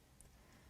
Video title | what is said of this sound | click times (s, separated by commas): Asthma Training Video | the clear base in the direction of the white arrows on the label until it clicks | 0.2 s